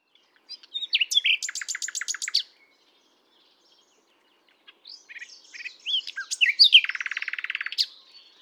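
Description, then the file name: Common nightingale song: a loud rhythmic volley of repeated notes, silence, then a jumbled phrase ending in a fast buzzy trill. "Luscinia megarhynchos"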